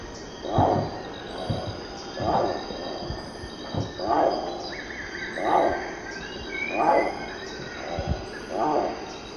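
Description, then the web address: Spix's guan giving low, hoarse honking notes in a steady series, over a background of constant high insect buzzing. Recorded in the Eastern Lowlands of South America. "Natures Songs S America Eastern Lowlands Spix's Guan"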